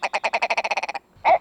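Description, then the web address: Ptarmigan giving a fast rattling croak of about a dozen evenly spaced pulses, then a pause and one longer harsh note. "soundswild ptarmigan"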